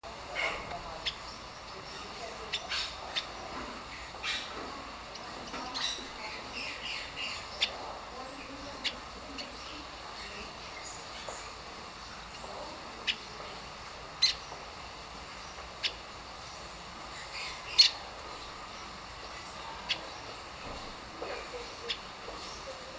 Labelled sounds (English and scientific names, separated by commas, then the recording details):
Golden-breasted Fulvetta (Lioparus chrysotis) call
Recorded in captivity
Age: adult
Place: Zoo Berlin, Berlin, DE
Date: 1997-08-19 10:53
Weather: fair, 26-28°C
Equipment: Marantz CP 130, Mikro CE, Kopie Uher 4000 Report Monitor
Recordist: Tembrock, Günter
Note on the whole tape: Kurzlaute (10 cm Entfernung)